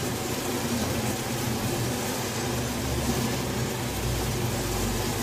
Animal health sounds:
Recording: honeybee colony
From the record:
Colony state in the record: swarm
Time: day

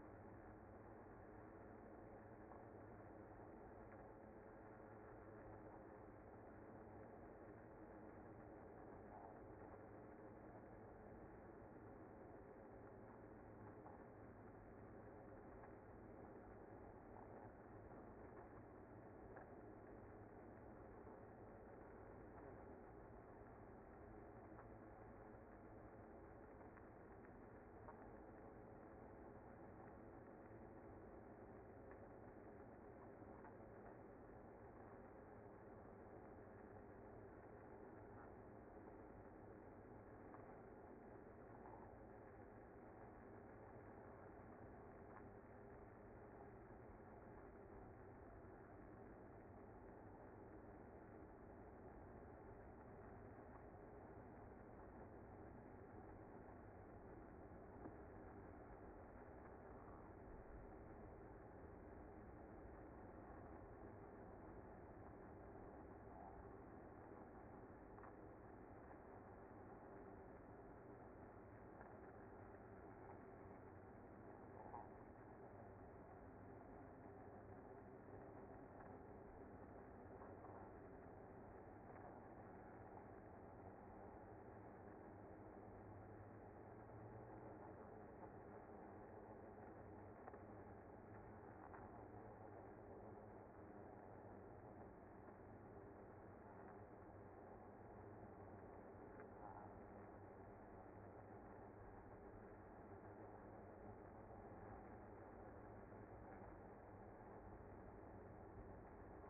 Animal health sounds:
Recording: honeybee colony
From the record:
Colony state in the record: active

